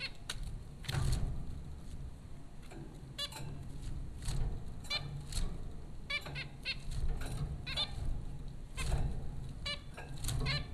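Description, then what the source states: Zebra finch calls: short nasal, harmonic-rich beeps given singly and in quick clusters throughout, over a steady low rumble. Four zebra finches at Popcorn School, Flatbush, Brooklyn, New York, April 15, 2009.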